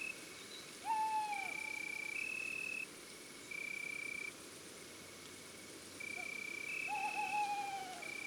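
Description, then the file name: Tawny owl calls, two drawn-out wavering hoots about six seconds apart, over a steady background of alternating high insect trills. Female. "Chouette hulotte femelle Chants doiseaux des bois et des forets"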